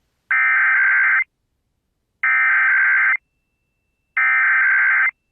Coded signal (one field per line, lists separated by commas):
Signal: Emergency Alert System (SAME) tones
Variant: header bursts